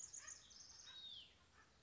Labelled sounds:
Hutton's Vireo (Vireo huttoni)
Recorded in Sonoma County, California

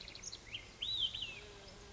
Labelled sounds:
Olive-sided Flycatcher (Contopus cooperi)
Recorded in Sonoma County, California

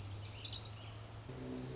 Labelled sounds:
Orange-crowned Warbler (Leiothlypis celata)
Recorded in Sonoma County, California

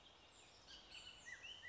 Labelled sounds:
Bullock's Oriole (Icterus bullockii)
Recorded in Sonoma County, California

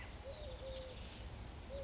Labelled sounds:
Eurasian Collared Dove (Streptopelia decaocto)
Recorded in Sonoma County, California

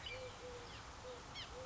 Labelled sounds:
Eurasian Collared Dove (Streptopelia decaocto)
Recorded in Sonoma County, California

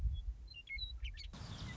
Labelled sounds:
Western Meadowlark (Sturnella neglecta)
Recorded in Sonoma County, California

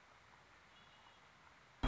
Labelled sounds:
Red-winged Blackbird (Agelaius phoeniceus)
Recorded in Sonoma County, California

